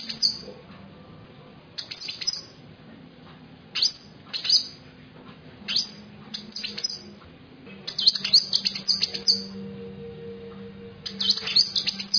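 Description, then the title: Songbird song in bursts of high chirps and sharp notes separated by brief pauses, over a steady low hum. Song-training track. "Burung Masteran"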